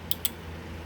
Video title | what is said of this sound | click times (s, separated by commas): Gerber 06 Fast Tanto | but of course to unlock it you have to press the button up | 0.1 s, 0.3 s